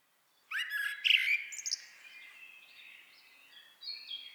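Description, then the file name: Eurasian blackbird call: a sudden rising harsh note runs into a scratchy chatter, then softer high squeaky twitters. "Turdus merula"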